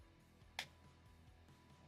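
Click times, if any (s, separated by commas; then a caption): 0.6 s. The second plastic side tab on a Studio Series 86 Ironhide transforming toy figure, tricky to fit, is pushed into its socket. Against a quiet, steady low background hum, it gives one short, sharp click at 0.6 s. The tab clicks home and is seated.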